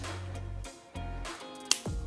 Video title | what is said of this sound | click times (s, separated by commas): Romax Dream Build - Assembly // Framebuilding 101 with Paul Brodie | Es schnappt einfach von Hand, wenn du es anziehst | 1.7 s